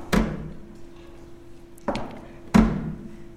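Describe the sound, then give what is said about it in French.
The walking cane of Hans the lame taps on the floor three times in an uneven rhythm as he enters a hotel by the main door and walks to the counter. Each tap is a sharp, fairly loud knock with a brief ring, over a faint steady hum. “J'étais en train de me dire ça quand j'ai entendu la canne de Hans le boiteux.”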